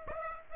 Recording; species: mosquito wingbeat signal from an infrared sensor; Aedes aegypti